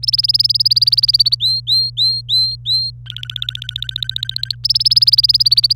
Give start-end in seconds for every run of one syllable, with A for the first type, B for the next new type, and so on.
0.03-1.35 A, 1.40-2.90 B, 3.06-4.55 C, 4.64-5.73 A